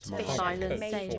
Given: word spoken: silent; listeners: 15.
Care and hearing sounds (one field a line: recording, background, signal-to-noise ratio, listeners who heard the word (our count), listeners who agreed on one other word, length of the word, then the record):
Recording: one English word in noise, from a listening test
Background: four-talker babble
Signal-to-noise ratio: -0.9 dB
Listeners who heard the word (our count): 2 of 15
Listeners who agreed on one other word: 7 of 15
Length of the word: 0.78 s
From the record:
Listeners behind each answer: 7, 2, 1, 1, 1, 1, 1, 1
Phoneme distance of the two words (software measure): 27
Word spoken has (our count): 2 syllables, 6 phonemes, stress on syllable 1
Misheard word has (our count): 3 syllables, 7 phonemes, stress on syllable 1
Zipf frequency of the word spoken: 4.25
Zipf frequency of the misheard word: 4.60